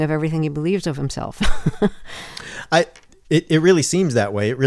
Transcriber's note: laughter